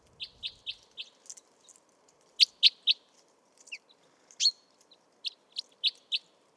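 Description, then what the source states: Crossbills make short high clicking and snapping sounds, in quick bursts and single ticks, irregularly spaced, against a faint low hum. Crossbills peeling pine cones, morning, February 2020, Montagne du Puy, Drôme, France, 1500 m altitude, mixed conifer and oak forest; Nagra Seven recorder with Telinga Pro7 stereo.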